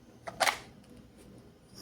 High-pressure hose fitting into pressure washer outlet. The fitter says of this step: It didn't click yet.